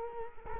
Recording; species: mosquito wingbeat signal from an infrared sensor; Culex quinquefasciatus